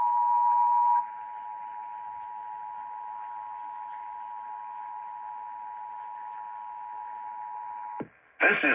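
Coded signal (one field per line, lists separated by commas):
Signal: Emergency Alert System (SAME) tones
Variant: 853 and 960 Hz attention tone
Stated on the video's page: Required monthly test received on broadcast radio in San Francisco.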